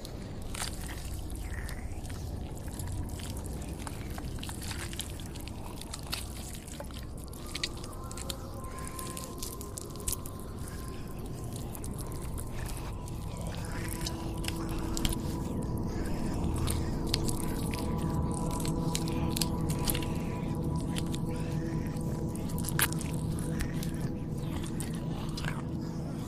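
Zombie chewing and biting, thick with wet squishy clicks and scrapes throughout, while a low droning moan rises in from about fourteen seconds.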